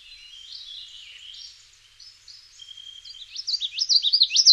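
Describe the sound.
Common yellowthroat singing: quiet scratchy high notes build into a loud series of repeated wavering, rolling phrases, several per second, with light background hiss.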